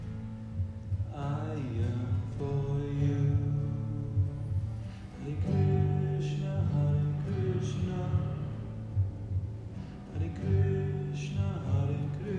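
Sustained tones from harmonium and bowls ring in layered, steady drones, with a low pulse underneath. Voices sing a slow mantra, the chant shifting pitch every second or two, with brighter bell-like accents near 6, 8 and 11 seconds.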